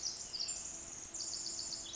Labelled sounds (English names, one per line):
Pacific Wren